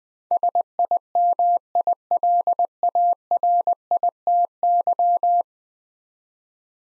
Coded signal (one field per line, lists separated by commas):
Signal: Morse code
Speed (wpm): 20 wpm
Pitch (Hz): 700 Hz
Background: none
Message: SIMILARITY